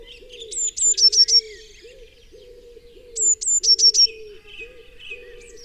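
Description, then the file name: Eurasian blue tit singing two high, thin phrases of a couple of drawn-out notes then a rapid trill, over steady low rhythmic cooing throughout. "Cyanistes caeruleus"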